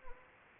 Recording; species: mosquito wingbeat signal from an infrared sensor; Anopheles gambiae